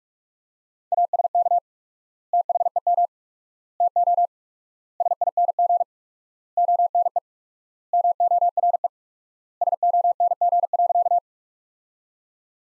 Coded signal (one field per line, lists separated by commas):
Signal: Morse code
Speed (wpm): 46 wpm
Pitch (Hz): 700 Hz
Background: none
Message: ASK THEM TO SING ONE MORE SONG.